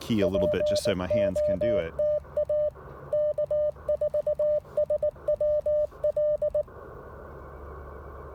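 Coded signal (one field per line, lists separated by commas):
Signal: Morse code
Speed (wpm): 18 wpm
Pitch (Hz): 600 Hz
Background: speech, radio noise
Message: POTA K4SWL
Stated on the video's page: Portable CW at a POTA activation with an Icom IC-705 and an Elecraft AX1 antenna.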